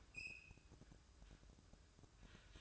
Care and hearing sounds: daily activity, microphone in the room; open fridge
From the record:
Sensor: 2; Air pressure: 1007.6 hPa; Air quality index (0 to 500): 50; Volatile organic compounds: 1 ppm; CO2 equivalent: 568 ppm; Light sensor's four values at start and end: 10/24/10/10 and 10/24/10/10

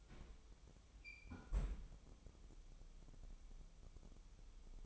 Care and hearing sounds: daily activity, microphone in the room; close fridge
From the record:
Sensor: 1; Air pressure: 988.4 hPa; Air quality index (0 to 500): 199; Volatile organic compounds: 1000 ppm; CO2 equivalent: 5316 ppm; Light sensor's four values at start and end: 26/97/37/38 and 26/97/37/38

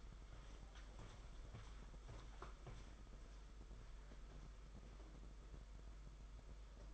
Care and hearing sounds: daily activity, microphone in the room; walk to room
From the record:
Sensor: 5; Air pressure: 991.3 hPa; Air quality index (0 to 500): 94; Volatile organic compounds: 12 ppm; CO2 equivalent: 2374 ppm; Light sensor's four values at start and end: 33/109/41/44 and 35/117/44/47

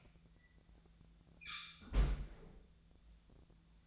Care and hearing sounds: daily activity, microphone in the room; close fridge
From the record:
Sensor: 3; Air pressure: 1009.7 hPa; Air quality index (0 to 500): 190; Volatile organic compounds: 14 ppm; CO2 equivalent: 2474 ppm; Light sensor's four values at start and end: 38/94/40/43 and 38/94/40/43

